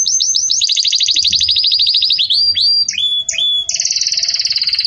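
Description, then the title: Belgian canary song with a fast rolling trill, short level whistled notes, then another rapid buzzy trill. Belgian canary song in the campainha style, used to teach breeding chicks. "Belíssimo Canto Do Canário Belga Campainha Para Encarte De Filhotes"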